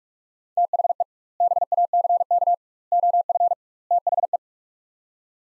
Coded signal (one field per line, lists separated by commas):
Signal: Morse code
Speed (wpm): 46 wpm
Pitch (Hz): 700 Hz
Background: none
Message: THE BACK OF THE